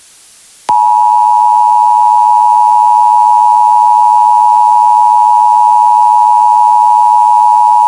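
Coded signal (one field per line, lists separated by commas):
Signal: Emergency Alert System (SAME) tones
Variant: 853 and 960 Hz attention tone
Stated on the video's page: Simulated EAS scenario in a fictional film, not a real alert.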